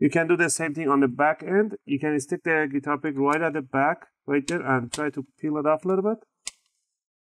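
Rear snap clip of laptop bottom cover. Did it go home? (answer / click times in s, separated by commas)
released / 6.5 s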